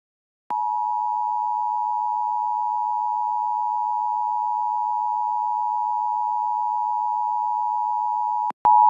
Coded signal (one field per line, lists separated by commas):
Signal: Emergency Alert System (SAME) tones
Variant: 853 and 960 Hz attention tone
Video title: EAS mock: The Magix City PDS Severe Thunderstorm Warning and Dust Storm Warning